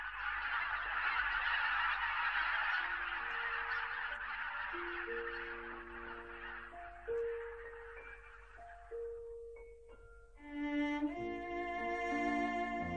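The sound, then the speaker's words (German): Wild geese honking in the night sky, heard through an open window, over a broad rushing hiss, their calls rising into a dense, overlapping chorus of harmonic honks toward the end. “Haben Sie schon einmal nachts den Ruf der Wildgänse am Himmel gehört?”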